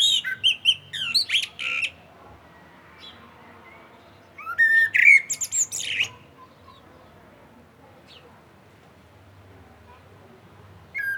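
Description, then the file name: Common blackbird delivering two phrases of low fluted whistles broken by shrill high twitters, a few seconds apart, then a long pause before another phrase begins at the end. "Turdus merula"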